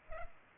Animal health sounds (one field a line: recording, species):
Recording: mosquito wingbeat signal from an infrared sensor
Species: Culex pipiens